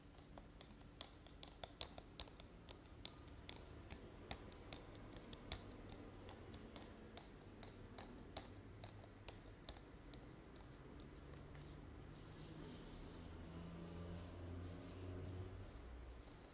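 Long nails tap and scratch on an object, with sharp clicks coming irregularly and often through the first ten seconds. Later the tapping thins out and a rougher, steady scratching takes over, brighter and louder near the end, over a low rumbling hum.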